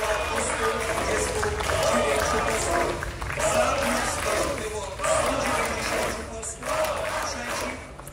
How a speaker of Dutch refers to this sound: Na 2 maanden tijdrekken was het zojuist klaar voor de Poolse PiS-partij. De nieuwe regering van Morawiecki werd weggestemd onder luid gejuich.